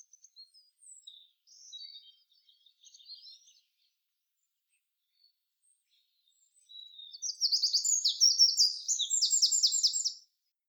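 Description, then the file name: Eurasian wren: faint, scattered, high twitters at first, then after a silence a loud, fast, high song of trills and rattles. "Troglodytes troglodytes"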